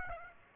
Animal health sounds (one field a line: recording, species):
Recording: mosquito wingbeat signal from an infrared sensor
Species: Aedes aegypti